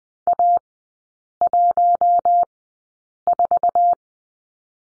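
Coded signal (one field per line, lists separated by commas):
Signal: Morse code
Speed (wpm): 19 wpm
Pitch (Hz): 700 Hz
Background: none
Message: A14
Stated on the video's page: Morse code course lesson of three-character groups with Farnsworth spacing at 20/10 wpm.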